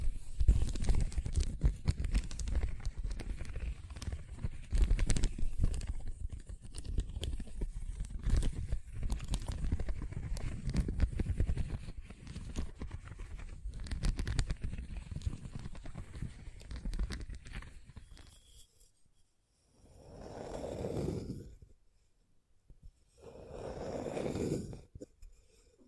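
Rough scratching fills the first eighteen seconds, a dense, gritty scraping of rapid crackles with a heavy low rumble underneath. After a brief quiet, two slower strokes follow around 20 and 24 seconds, each a smooth, swelling sweep that rises and fades, like tracing.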